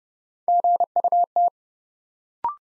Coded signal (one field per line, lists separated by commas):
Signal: Morse code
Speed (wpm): 28 wpm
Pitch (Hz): 700 Hz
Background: none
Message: GUT